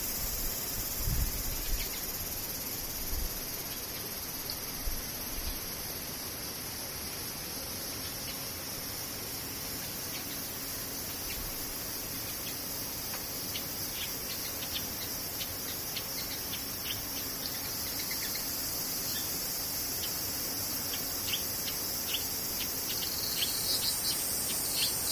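Cicadas drone in a steady, dense, high-pitched buzz throughout, with faint clicks scattered across it and a few low thumps early on.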